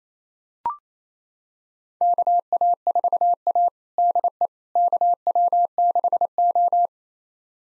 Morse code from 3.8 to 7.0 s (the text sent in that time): DE KW6O